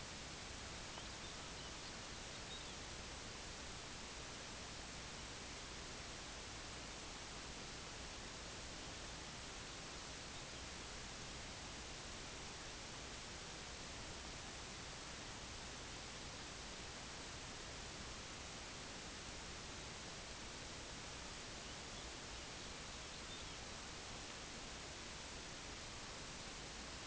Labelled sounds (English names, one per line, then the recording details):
Lapland Longspur
unidentified sound
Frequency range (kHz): Lapland Longspur 1.9-5.5 kHz
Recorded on Arctic tundra, site IGLO-D, on 16 June 2018
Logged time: 12:00